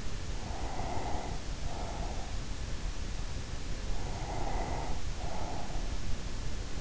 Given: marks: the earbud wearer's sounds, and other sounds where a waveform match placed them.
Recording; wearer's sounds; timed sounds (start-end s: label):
sounds in sleep by an in-ear microphone; breath
0.18-2.70 s: breath
4.16-6.11 s: breath